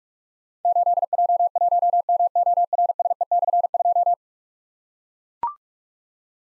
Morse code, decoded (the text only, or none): 8J1MORSE/2